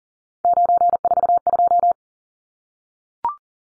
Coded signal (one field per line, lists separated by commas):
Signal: Morse code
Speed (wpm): 40 wpm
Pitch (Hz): 700 Hz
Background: none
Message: 942